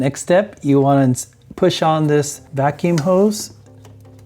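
Someone talks while handling the brake vacuum hose on a 2017 BMW i3, about to push it onto the nipple of the new brake vacuum pump. A few faint, quiet ticks of handling follow after about 3.7 s. Nothing has seated or clicked yet.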